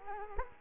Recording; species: mosquito wingbeat signal from an infrared sensor; Culex quinquefasciatus